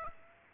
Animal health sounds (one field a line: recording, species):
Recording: mosquito wingbeat signal from an infrared sensor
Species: Aedes aegypti